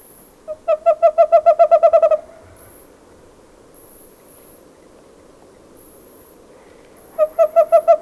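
Bird calling in quick runs of soft, hollow toots, roughly seven each second, one long series early and another at the close, separated by quiet with faint high-pitched hiss.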